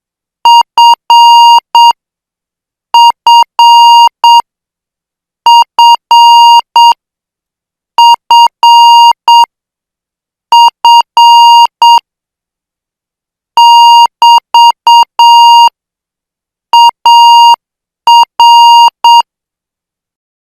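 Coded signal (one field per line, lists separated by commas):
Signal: Morse code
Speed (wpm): 7 wpm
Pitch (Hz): 940 Hz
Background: none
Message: FFFFF<BT>AR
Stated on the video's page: Morse drill of Group F international signals at 8 words per minute.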